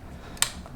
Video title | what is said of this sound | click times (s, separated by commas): Helix Titanium Folding Bike Unboxing and Unfolding | yeah you hear that there's a little click that tells you it's locked in | 0.4 s